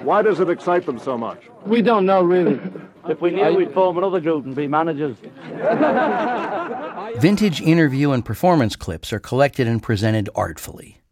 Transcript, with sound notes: Why does it excite them so much?
We don't know, really.
If we knew, we'd form another group and be managers.
(LAUGHTER)
Vintage interview and performance clips are collected and presented artfully.